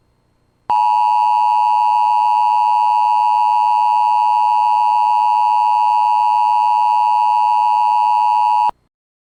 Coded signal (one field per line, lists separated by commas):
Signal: Emergency Alert System (SAME) tones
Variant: 853 and 960 Hz attention tone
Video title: EAS Scenario // The Red Haze (Fall Brawl 2023) //